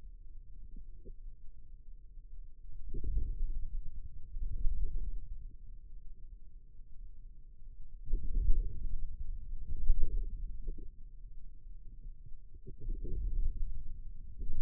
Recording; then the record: forearm muscle sounds (acoustic myography)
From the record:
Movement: inward rotation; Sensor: system 2, bracelet of six BSWA MPA416 microphones around the upper forearm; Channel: 4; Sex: male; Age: 22 years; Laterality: right